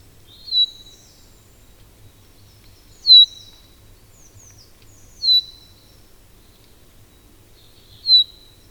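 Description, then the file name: Common chaffinch calling with brief, bright, downslurred notes, four in all, spaced roughly two to three seconds apart, over faint high twitters and a low background hum. "Fringilla coelebs"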